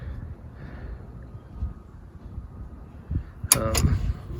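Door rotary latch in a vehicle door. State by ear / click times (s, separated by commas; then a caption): not seated / none. The rotary latch in a door of a 1973 Jeep Commando is worked by hand over low handling noise, with two sharp metallic snaps at about 3.5 and 3.8 s. The latch just turns without stopping at either of its two detents, first and final, so nothing has caught or clicked into place yet. This is the fault that lets the door pop open when leaned on.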